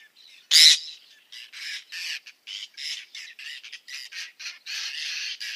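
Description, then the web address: Whiskered tern giving one loud, harsh rasping call followed by a run of quieter, scratchy grating notes in uneven bursts. "Schulze Peter Whiskered Tern"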